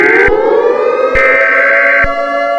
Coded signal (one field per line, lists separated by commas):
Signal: Emergency Alert System (SAME) tones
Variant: header bursts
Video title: Eas scenario first video special: pure insanity/ef15 tornado